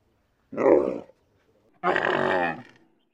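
Dromedary grunts, two rough bursts, the first shorter and the second longer and broader, separated by under a second of quiet.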